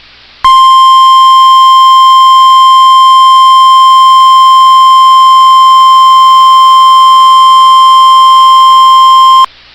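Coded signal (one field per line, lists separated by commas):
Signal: Emergency Alert System (SAME) tones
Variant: 1050 Hz attention tone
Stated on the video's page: Severe thunderstorm warnings received on NOAA Weather Radio WXM99.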